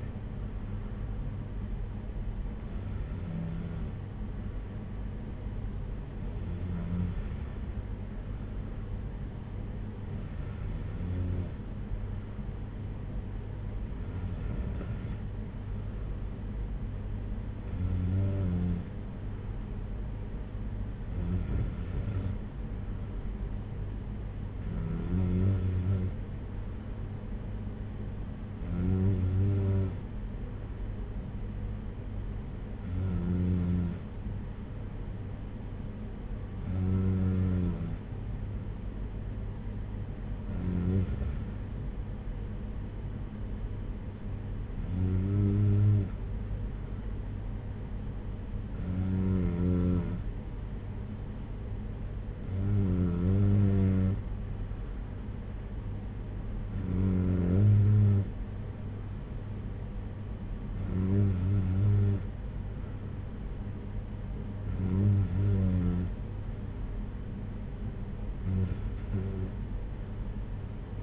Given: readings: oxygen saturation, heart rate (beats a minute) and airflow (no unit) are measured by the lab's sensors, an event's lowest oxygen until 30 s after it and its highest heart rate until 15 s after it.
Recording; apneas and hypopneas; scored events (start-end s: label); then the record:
breathing in sleep by a smartphone at the bedside; none
none scored
From the record:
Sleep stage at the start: N2 (light sleep); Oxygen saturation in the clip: 93 to 94%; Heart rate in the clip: 57 to 61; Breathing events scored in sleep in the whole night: 226 in 8.8 hours asleep